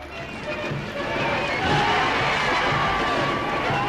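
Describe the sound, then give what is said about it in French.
A large crowd in London roars and cheers, giving an ovation to Prime Minister Neville Chamberlain on his return from the Munich conference in September 1938, in a dense, steady wash of voices that swells after the first second and stays loud, with rhythmic low thumps running underneath. “À son retour à Londres, Neville Chamberlain, le Premier ministre, est ovationné par la foule reconnaissante.”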